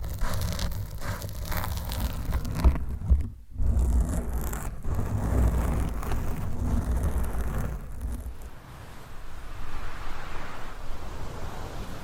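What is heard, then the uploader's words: Close mic scratching fills the clip, a dense rough rubbing with heavy low thumps and rumble, like fabric or foam covers being handled right against the microphone. A brief near-silent dip comes around the three-second mark. Later the scratching turns softer and airier, hissing like wind. ASMR Mic Scratching with 100 DIFFERENT MIC COVERS & MICS! No Talking for Sleep with Long Nails.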